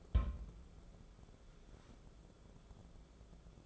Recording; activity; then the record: daily activity, microphone in the room; place on stove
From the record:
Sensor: 5